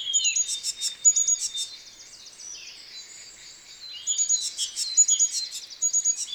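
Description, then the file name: Great tit calling in repeated bursts of high thin whistles and dry ticking notes, with a quieter gap in the middle. "Parus major"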